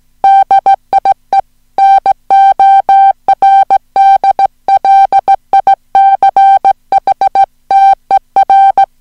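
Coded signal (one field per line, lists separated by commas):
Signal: Morse code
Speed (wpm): 17 wpm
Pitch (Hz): 780 Hz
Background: music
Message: DIE NORDLICHTER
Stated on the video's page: Hand-sent Morse on a Junker straight key at about 15 wpm, recorded uncut with errors corrected, as plain-text copy practice of a short story.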